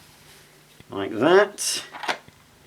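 An Electrolux Easy Clean electrostatic duster head is pushed back into its plastic holder on the vacuum attachment, which has to click in so it seals around the top and the suction works. Someone talks over faint handling noise from about 0.8 to 2.2 seconds. The clip ends before the head goes home, and nothing has seated or clicked yet.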